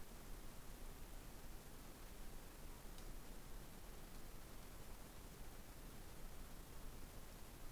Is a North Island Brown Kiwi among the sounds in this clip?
no